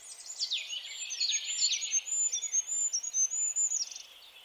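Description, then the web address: Bird calls: a few sweeping, descending chirps open, followed by a quick series of high, thin whistles, fading to soft twitter. "birddata Deverinetal 2025"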